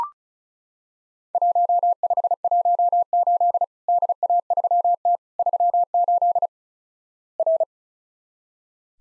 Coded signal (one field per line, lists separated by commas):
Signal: Morse code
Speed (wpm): 36 wpm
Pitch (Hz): 700 Hz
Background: none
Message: 1518 DA3T 38 R